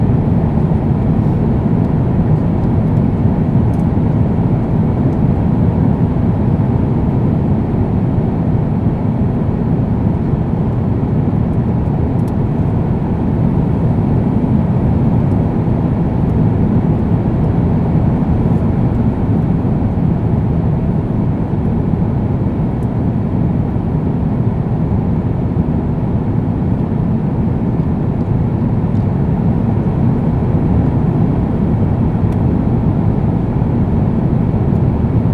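Inside an airplane in flight, a steady, dense low roar fills the cabin, strongest in the deep and low-middle range with little above it. The drone holds nearly constant for the whole stretch, with only faint small clicks or rustles now and then.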